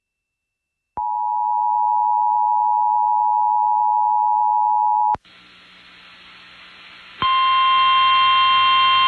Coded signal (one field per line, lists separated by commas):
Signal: Emergency Alert System (SAME) tones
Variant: 853 and 960 Hz attention tone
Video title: FLOOD RISK OF HIGH OF CHRISTMAS EVE... EAS Alerts From 12/24/25 - 12/25/25 (EAS#5,003 - 5,037)